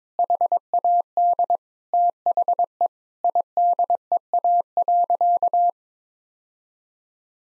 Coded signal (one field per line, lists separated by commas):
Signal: Morse code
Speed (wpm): 21 wpm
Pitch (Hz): 700 Hz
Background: none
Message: HAD THE IDEA.